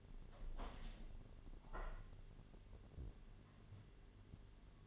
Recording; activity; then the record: daily activity, microphone in the room; open window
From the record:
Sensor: 4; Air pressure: 1007.3 hPa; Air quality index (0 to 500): 200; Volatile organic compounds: 7 ppm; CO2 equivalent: 1991 ppm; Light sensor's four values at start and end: 23/73/28/27 and 23/73/28/27